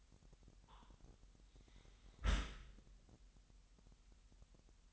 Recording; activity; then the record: daily activity, microphone in the room; close dishwasher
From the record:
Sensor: 3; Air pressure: 998.1 hPa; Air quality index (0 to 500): 151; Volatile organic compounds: 5 ppm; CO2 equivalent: 1808 ppm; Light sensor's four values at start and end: 13/38/15/14 and 13/38/15/14